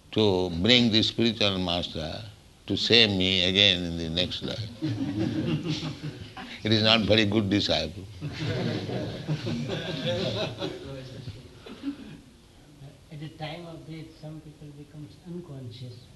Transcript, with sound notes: to bring the spiritual master to save me again in the next life. It is not very good disciple. [laughter] At the time of death some people becomes unconscious...